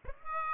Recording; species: mosquito wingbeat signal from an infrared sensor; Aedes aegypti